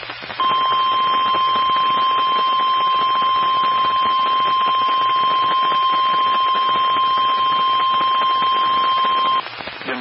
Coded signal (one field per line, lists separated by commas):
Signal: Emergency Alert System (SAME) tones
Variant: 1050 Hz attention tone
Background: speech